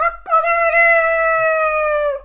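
Chicken crowing: a single long, harmonic-rich note held about two seconds, steady then dropping slightly at the end, preceded by a brief opening syllable.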